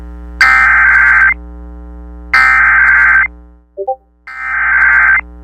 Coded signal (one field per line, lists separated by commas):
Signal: Emergency Alert System (SAME) tones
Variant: header bursts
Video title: Severe Thunderstorm Warning on 94.1 KOPR-FM Butte, MT (8/20/24) (EAS #4,977)